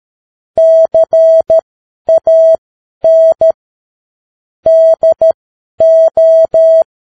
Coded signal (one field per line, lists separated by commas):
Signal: Morse code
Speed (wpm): 13 wpm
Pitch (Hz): 650 Hz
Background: none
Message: CAN DO